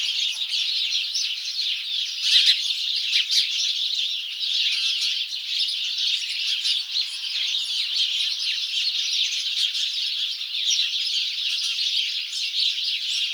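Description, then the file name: House sparrows chirping in a dense, continuous chorus of many overlapping high chirps, with a louder burst of calls a little after two seconds. "Passer domesticus"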